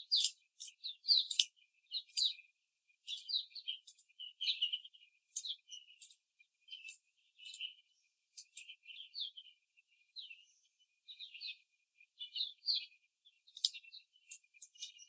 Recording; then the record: young laying hens in a cage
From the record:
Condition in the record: after the stressor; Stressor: simulated dog barking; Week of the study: 3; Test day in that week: 1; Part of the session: 3